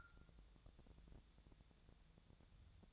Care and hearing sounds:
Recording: daily activity, microphone in the room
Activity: take from stove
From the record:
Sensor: 3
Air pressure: 999.3 hPa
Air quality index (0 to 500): 196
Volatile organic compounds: 42 ppm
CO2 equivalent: 3188 ppm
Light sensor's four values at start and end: 8/18/7/7 and 8/18/7/7

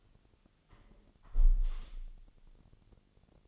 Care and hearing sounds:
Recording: daily activity, microphone in the room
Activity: close window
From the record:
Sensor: 4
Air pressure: 1001.2 hPa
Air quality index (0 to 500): 176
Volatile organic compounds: 2 ppm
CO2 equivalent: 1256 ppm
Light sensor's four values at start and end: 12/28/11/12 and 12/28/11/12

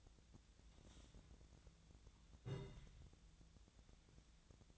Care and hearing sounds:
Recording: daily activity, microphone in the room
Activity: take from stove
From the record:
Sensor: 3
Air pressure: 1009.9 hPa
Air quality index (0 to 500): 187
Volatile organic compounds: 14 ppm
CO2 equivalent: 2433 ppm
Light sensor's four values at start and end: 42/104/45/48 and 42/104/45/48

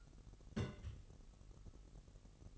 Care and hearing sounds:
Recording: daily activity, microphone in the room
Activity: place on stove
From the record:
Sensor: 4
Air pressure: 1002.9 hPa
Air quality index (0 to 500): 244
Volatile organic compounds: 11 ppm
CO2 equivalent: 2290 ppm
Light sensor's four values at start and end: 8/17/7/7 and 8/17/7/7

